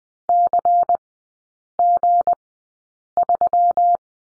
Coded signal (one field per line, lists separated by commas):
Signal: Morse code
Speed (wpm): 20 wpm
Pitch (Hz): 700 Hz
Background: none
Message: CG3